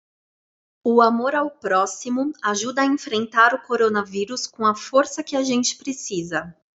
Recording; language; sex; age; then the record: spoken sentence; Brazilian Portuguese; female; 30 to 39 years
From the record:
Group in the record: control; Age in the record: 34 years